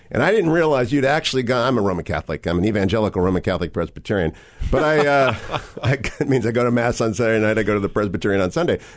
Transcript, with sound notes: And I didn’t realize you had actually gone, I’m a Roman Catholic. I’m an Evangelical Roman Catholic Presbyterian. (laughing) But that means I go to Mass on Saturday night, and I go to the Presbyterian on Sunday.